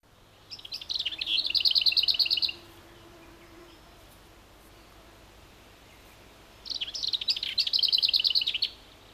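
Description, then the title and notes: Lesser whitethroat song: two dry, rapid rattles, each about a second long and preceded by a soft warble, separated by a pause of about four seconds. "Hernekerttu. Viikon luontoäänen esitteli Juha Laaksonen"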